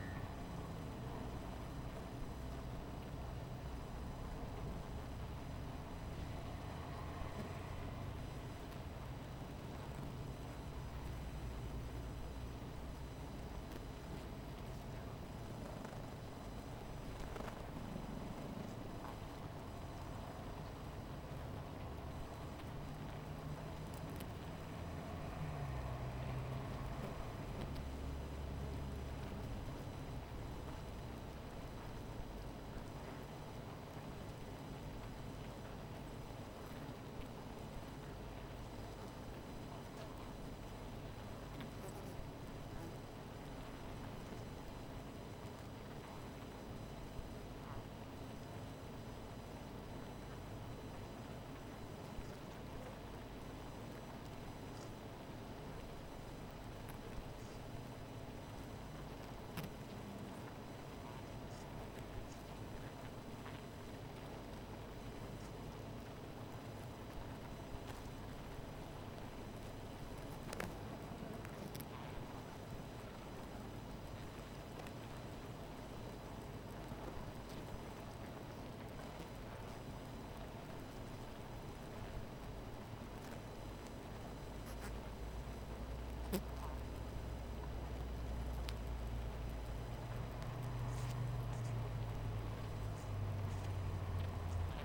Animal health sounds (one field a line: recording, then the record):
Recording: honeybee colony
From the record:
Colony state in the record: missing queen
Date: 14 July 2017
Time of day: 17:42